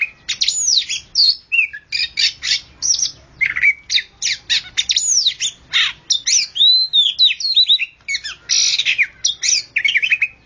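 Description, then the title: Oriental magpie-robin song of mixed clear whistles, scratchy squawks and fast chattering bursts, changing phrase after phrase with brief gaps. "Kicau Kacer"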